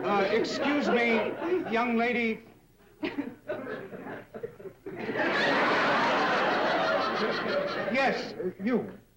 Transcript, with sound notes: Excuse me, young lady. (LAUGHTER) Yes, you,